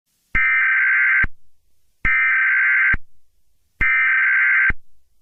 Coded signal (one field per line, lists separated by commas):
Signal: Emergency Alert System (SAME) tones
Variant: header bursts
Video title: EAS Scenario #80: Ghost Storm